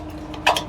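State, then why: Not seated. A wiring harness connector with a broken locking tab is pushed onto its mating plug on a 2021 Ford F-150. Over a steady low hum there is a faint tick at 0.3 s, then a sharper plastic contact at 0.5 s and a softer one at 0.6 s. Nothing clicks or latches because the tab is broken, so the connector will need a zip tie to hold it in place.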